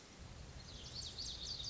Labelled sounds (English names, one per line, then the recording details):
Lazuli Bunting
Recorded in Sonoma County, California